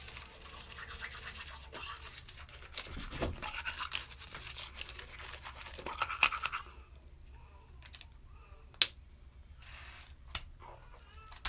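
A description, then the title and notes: Teeth are brushed with dense scratchy bristle strokes for six seconds, then quieter, sparser scrubbing with a few sharp clicks near nine seconds. Brush my teeth.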